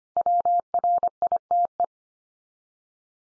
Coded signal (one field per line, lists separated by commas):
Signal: Morse code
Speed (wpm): 24 wpm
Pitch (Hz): 700 Hz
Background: none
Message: WRITE